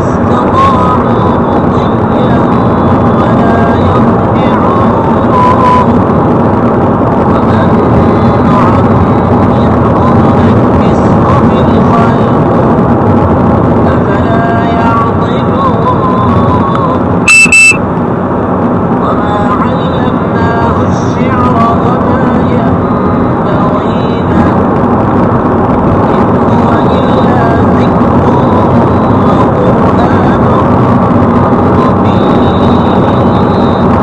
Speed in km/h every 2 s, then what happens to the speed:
108, 108, 108, 108, 109, 109, 110, 110, 110, 110, 111, 111, 112, 113, 114, 110, 106.
0-28 steady at about 110. 28-34 slows to 106.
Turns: none.